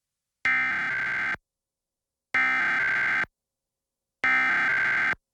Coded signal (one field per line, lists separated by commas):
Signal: Emergency Alert System (SAME) tones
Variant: header bursts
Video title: EAS Monthly Required Test (WBNX-NG) (August 12, 2026)